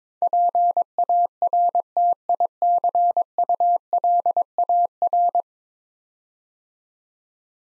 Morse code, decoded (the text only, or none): PARTICULAR